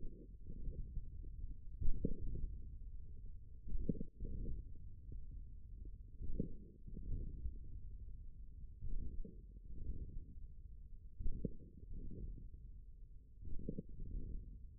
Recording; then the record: forearm muscle sounds (acoustic myography)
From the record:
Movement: hand closing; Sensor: system 1, eight BSWA MPA416 microphones around the upper forearm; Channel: 7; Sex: male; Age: 41 years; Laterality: right